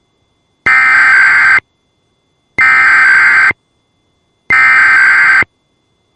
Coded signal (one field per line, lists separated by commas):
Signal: Emergency Alert System (SAME) tones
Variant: header bursts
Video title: All Weekly Test Chaos (6/23/21) [EAS #499 - #514]